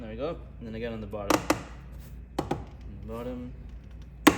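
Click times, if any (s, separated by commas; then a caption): 4.3 s. Someone talks while pressing the bottom edge of a SUMA Performance wide-angle side mirror glass onto the mirror actuator plate of a 2023+ Honda Civic Type R FL5, with a few short taps heard along the way. At 4.3 s the glass's plastic bottom clip snaps onto the actuator plate with a sharp, loud click, and the glass is seated.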